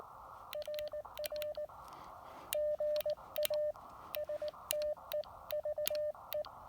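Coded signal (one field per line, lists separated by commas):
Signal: Morse code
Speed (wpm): 19 wpm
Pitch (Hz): 600 Hz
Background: none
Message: RR GA STEVE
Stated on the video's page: Elecraft KX2 with a Chameleon MPAS 2.0 antenna on a state park activation.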